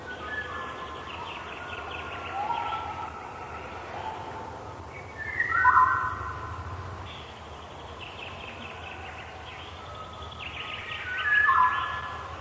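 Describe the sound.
Eurasian golden oriole sings two brief mellow whistled phrases several seconds apart, over continuous soft hiss and faint chirping from other birds.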